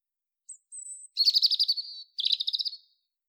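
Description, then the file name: European robin with two thin, very high whistled notes followed by two rapid rattling trills. "Erithacus rubecula"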